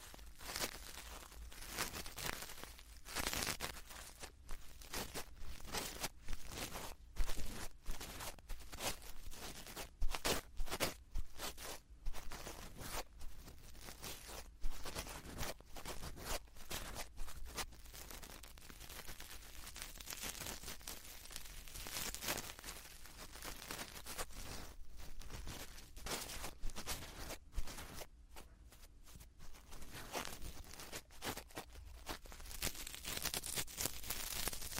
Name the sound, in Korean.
귀를 간지럽히는 붓